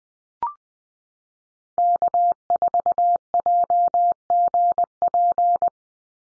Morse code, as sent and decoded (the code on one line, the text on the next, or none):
-.- ....- .--- --. .--.
K4JGP